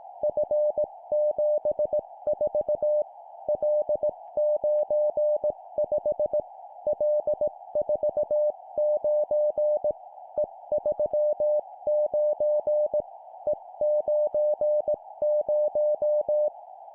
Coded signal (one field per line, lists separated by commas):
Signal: Morse code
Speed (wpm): 18 wpm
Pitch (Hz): 600 Hz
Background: music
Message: F74 L95 L49 E39 E90